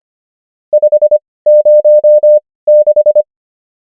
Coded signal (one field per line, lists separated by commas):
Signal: Morse code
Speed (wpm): 25 wpm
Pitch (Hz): 600 Hz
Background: none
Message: 506